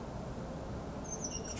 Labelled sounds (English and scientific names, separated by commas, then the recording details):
Oak Titmouse (Baeolophus inornatus)
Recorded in Sonoma County, California